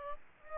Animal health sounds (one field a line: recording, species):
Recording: mosquito wingbeat signal from an infrared sensor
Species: Aedes albopictus